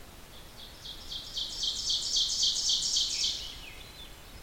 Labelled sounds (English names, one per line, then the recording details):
Ovenbird song
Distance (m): 20 m
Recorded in boreal forest in Alberta, Canada, on 14 June 2016 at 06:04
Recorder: SongMeter 3, array SBT-3-33
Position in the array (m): 105 m, 21 m
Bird 21